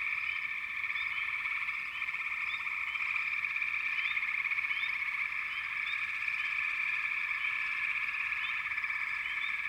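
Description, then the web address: Frog chorus: a dense, continuous wall of many overlapping high trilling calls, with brief rising chirps scattered throughout, steady and unbroken. "Sounds of Nature Collection 28 Frog Chourus"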